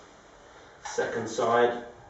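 A side piece of a janitorial steam system frame is being handled and pushed toward its base while someone talks. Nothing has seated or clicked yet; the clip ends just before the side piece goes home.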